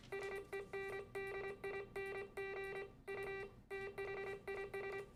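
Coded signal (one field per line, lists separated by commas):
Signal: Morse code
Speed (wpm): 26 wpm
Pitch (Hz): 2350 Hz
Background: music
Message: SENDING U THIS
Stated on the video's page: Morse code in a re-creation of the first wireless transmission over land, a contact between two amateur radio club stations.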